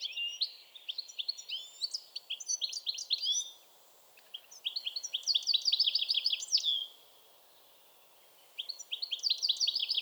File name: Carduelis carduelis